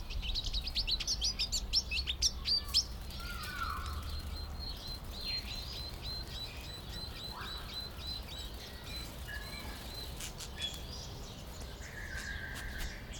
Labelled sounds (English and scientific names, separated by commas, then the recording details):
Pin-tailed Whydah (Vidua macroura)
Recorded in captivity
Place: Zoo Berlin, Berlin, DE
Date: 1996-04-20 18:13
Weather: sonnig, 24°C
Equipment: Sony MD-WM MZ-R3, Sennheiser MKH 416 T, Kopie Uher 4000 Report Monitor
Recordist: Tembrock, Günter